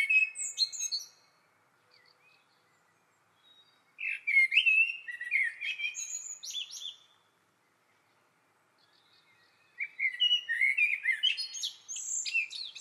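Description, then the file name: Eurasian blackbird song: three phrases of fluty warbling mixed with squeaky, high twittering, separated by pauses of about three seconds. "Turdus merula"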